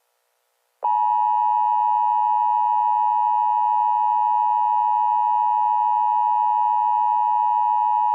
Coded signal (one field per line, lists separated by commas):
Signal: Emergency Alert System (SAME) tones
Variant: 853 and 960 Hz attention tone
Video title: Eas scenario #2: Legendary and Unique Attacks! (Easter Special)